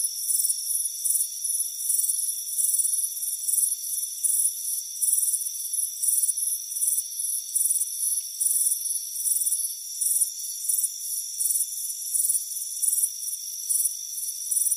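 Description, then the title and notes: Chirping crickets, bright trilled pulses coming in quick succession over a steady high insect chorus. Crickets chirping on a warm afternoon on a front porch. "Soothing Crickets Chirping Sound. It's a warm afternoon as you relax in a hammock on the front porch. Relax and fall asleep to the soothing sound of chirping crickets. Deep Sleep Sounds"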